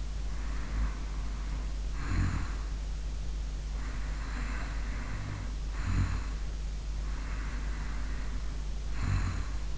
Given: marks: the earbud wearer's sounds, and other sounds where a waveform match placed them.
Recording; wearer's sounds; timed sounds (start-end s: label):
sounds in sleep by an in-ear microphone; snoring breath
0.28-2.71 s: snoring breath
3.74-6.49 s: snoring breath
6.98-9.78 s: snoring breath